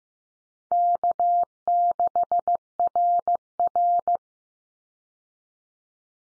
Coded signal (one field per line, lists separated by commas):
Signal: Morse code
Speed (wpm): 15 wpm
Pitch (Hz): 700 Hz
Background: none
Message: K6RR